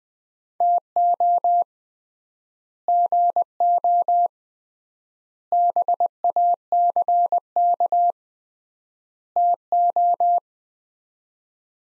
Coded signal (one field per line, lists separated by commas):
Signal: Morse code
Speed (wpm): 20 wpm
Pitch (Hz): 700 Hz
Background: none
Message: TO GO BACK TO